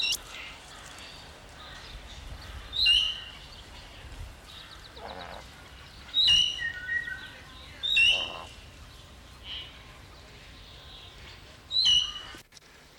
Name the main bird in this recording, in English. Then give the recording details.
Spix's Guan. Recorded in captivity. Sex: male. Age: adult. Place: Zoo Berlin, Berlin, DE. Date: 1995-02-25 11:08. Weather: wolkig, 3°C. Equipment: Marantz CP 430, Sennheiser ME 80, Kopie Uher Variocord 263. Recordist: Tembrock, Günter